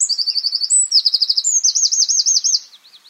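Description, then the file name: Eurasian wren song in full flow, very high rapid trills shifting from one repeated note to another, then a slower wavering trill fading out. "Troglodytes troglodytes"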